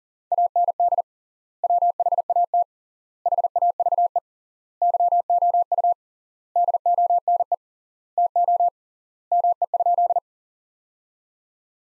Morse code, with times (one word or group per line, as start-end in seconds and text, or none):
0.3-1.0 AND
1.6-2.6 WHAT
3.3-4.2 HAVE
4.8-5.9 YOU
6.6-7.5 DONE
8.2-8.7 TO
9.3-10.2 ME?